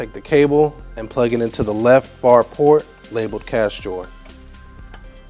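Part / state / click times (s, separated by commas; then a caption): cash drawer cable into POS register port / seated / 4.9 s. Someone talks while a cash drawer cable's plastic modular plug is pushed into the left port labeled cash drawer on a Silver Register Android POS register. A single sharp click at 4.9 seconds marks the plug seating in the port.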